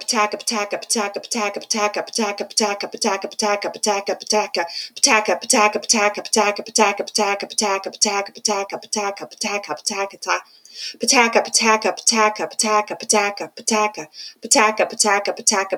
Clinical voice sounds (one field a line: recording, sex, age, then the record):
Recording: repeated syllables /pa ta ka/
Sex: female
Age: 40 to 49 years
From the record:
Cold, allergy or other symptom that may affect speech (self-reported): no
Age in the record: 44 years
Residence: Texas, United States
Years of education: 17